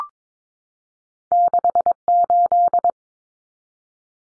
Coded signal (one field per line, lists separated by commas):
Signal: Morse code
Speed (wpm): 22 wpm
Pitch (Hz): 700 Hz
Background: none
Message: 68